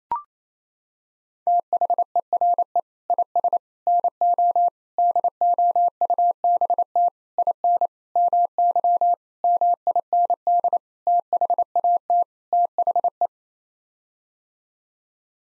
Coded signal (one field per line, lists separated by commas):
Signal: Morse code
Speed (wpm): 28 wpm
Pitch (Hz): 700 Hz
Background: none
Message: THERE IS NO DOUBT IN MY MIND THAT THE